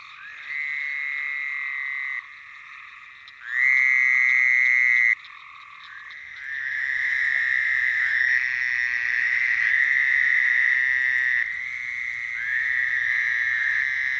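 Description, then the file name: Fowler's toad trilling: long nasal buzzy trills, lasting from over a second to several seconds, repeated in overlapping series, several toads calling at once with slightly differing pitches. "fowlers toad call lang elliott"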